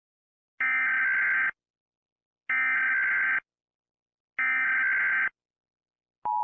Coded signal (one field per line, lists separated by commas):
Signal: Emergency Alert System (SAME) tones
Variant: header bursts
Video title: Freezing - An EAS Scenario